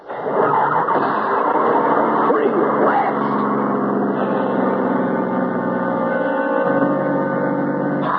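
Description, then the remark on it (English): A car engine starts up and settles into a loud, steady drone, its pitch shifting a couple of times as the car pulls away and keeps driving. “There's the road. And Charlie's car. Please start.”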